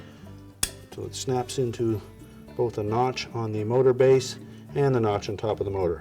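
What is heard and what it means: A washer motor retaining spring, its hook end inserted through the opening in the top and rotated, is compressed until it snaps into both the notch on the motor base and the notch on top of the motor. A sharp, loud snap is heard at 0.6 s, and someone talks throughout. The spring is seated.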